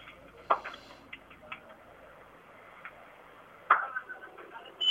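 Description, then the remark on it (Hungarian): Dull slaps of tandoori roti dough against the hot inner wall of a tandoor oven at a roti seller in Main Bazaar, Delhi, India: two sharp, loud smacks a few seconds apart, with softer pats and taps scattered between them over a low background hiss. “Én gondolom, hogy lehet is hallani, hogy tapsikolnak.”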